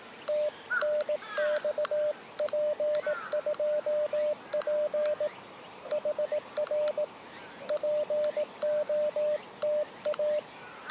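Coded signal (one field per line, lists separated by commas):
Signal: Morse code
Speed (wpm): 16 wpm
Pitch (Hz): 600 Hz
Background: radio noise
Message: TNX P2P HR POTA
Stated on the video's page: Beginner Morse code at 18 WPM during a POTA park activation on 40m 7 MHz and 30m 10 MHz, including park-to-park contacts.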